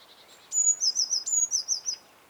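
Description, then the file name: Eurasian blue tit calling: two high thin whistled notes, each followed by a quick run of wavering notes, lasting around one and a half seconds, over quiet background hiss. "Cyanistes caeruleus"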